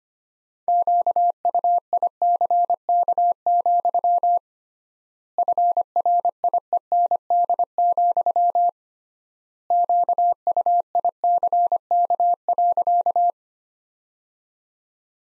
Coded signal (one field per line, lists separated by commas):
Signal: Morse code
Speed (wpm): 25 wpm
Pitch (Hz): 700 Hz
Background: none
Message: QUICK, FRIEND, QUICK.